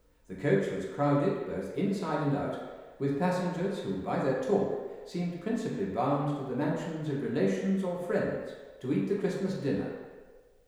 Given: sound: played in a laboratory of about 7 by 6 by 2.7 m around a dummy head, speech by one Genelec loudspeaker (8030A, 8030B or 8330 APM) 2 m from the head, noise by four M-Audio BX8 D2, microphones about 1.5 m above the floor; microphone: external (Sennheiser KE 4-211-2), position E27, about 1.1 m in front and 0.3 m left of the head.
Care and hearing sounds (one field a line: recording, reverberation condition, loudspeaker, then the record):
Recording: male speech in English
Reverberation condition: high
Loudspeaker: 60 degrees to the left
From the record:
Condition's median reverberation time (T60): about 1300 ms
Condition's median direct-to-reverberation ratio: about -4.0 dB